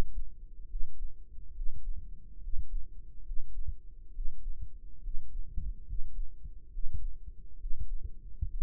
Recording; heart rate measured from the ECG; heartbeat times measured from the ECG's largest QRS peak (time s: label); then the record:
heart sounds by microphone in the right ear; 69 bpm
0.64 s: heartbeat
1.50 s: heartbeat
2.37 s: heartbeat
3.20 s: heartbeat
4.09 s: heartbeat
4.98 s: heartbeat
5.82 s: heartbeat
6.67 s: heartbeat
7.54 s: heartbeat
8.44 s: heartbeat
From the record:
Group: healthy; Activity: rest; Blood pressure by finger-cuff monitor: 94/72 mmHg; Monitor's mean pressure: 78 mmHg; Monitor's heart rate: 71 bpm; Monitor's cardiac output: 4.8 L/min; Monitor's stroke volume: 68 mL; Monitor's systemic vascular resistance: 1180 dyn s/cm5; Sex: male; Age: 20 years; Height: 187 cm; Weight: 68.9 kg